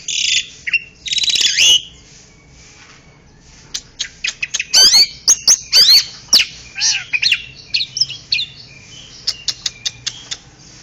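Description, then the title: Oriental magpie-robin song: a varied, high-pitched run of harsh buzzy notes, sharp clicks and short whistled phrases in quick bursts, separated by brief pauses. "Kicau Kacer"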